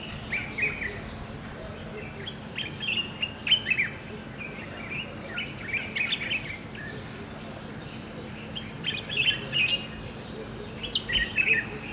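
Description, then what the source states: Budgerigar warbling chatter: rapid scratchy chirps, clicks and short squeaky notes in bursts throughout, over a steady low electrical hum. Budgie sounds intended to stimulate pairing and breeding.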